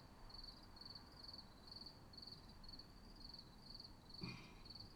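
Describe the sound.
Cricket chirps, short high trilled bursts about twice a second, with low background rumble and one brief knock near the end.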